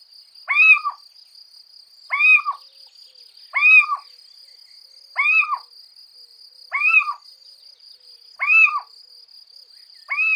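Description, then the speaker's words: Little Owl calls, a short mewing, kitten-like note repeated about every one and a half seconds, with a steady high insect-like whine throughout. Love call of the smallest raptor in the area, compared to a kitten's rather than a barn owl's hoot. "C'est le plus petit rapace dans le secteur et son cri amoureux ne peut qu'étonner, car plus proche de celui d'un chaton que du ululement lugubre d'une effraie."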